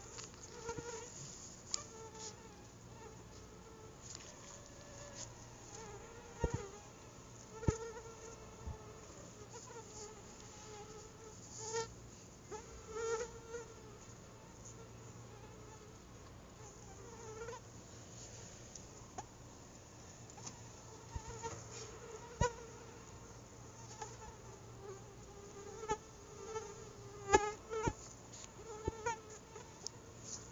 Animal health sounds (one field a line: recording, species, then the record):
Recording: mosquito flight sound by mobile phone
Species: Anopheles quadriannulatus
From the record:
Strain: SANQUA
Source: CDC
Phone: Google Nexus